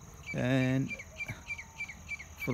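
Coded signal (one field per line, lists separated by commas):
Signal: none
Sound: crickets chirping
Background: speech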